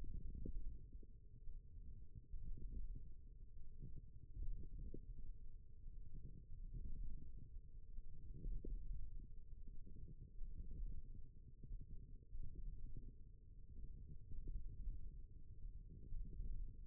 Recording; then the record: forearm muscle sounds (acoustic myography)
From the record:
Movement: wrist extension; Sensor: system 1, eight BSWA MPA416 microphones around the upper forearm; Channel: 2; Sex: female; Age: 21 years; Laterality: right